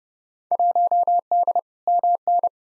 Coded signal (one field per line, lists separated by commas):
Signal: Morse code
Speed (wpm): 30 wpm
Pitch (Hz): 700 Hz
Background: none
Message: 1D MN